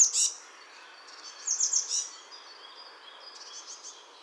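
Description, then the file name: Eurasian blue tit calls: brief high, thin note bursts, a quick pair at the start, a trill-like cluster after a second, then fainter notes. "Cyanistes caeruleus"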